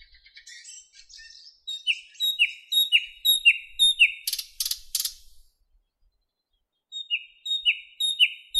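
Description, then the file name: Nightingale song with a scratchy opening, evenly repeated descending whistled notes about twice a second, a few harsh buzzy bursts, then the whistled phrase returns after a pause. "Penie Solovja"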